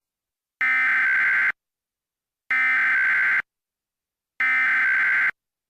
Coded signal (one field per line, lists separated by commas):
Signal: Emergency Alert System (SAME) tones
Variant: header bursts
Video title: KNTV Continuation And EAS Continuation?